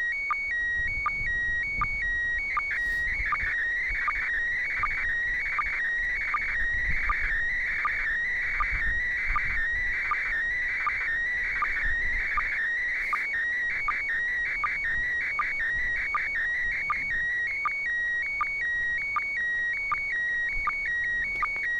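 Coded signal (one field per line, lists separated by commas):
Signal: SSTV (slow-scan television)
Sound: warbling tone sweeping between pitches, with short low sync chirps about every 0.8 s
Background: FM radio hiss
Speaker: one minute until the next image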